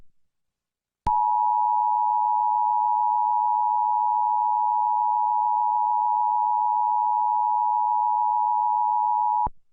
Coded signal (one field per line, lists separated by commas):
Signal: Emergency Alert System (SAME) tones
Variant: 853 and 960 Hz attention tone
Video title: Emergency alert system in Thailand (ไม่ใช่ของจริง)